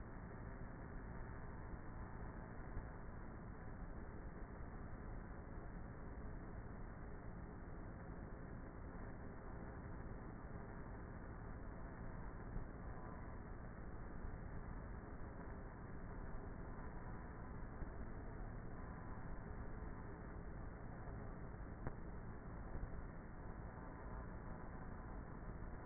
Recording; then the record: honeybee colony, microphone inside the hive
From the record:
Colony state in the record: queenless with a low population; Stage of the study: before two queens were removed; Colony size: about 30,000 bees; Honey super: no